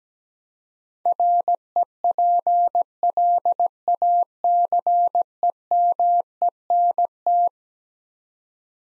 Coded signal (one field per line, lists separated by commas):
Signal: Morse code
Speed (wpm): 17 wpm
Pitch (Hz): 700 Hz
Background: none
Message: REPLACEMENT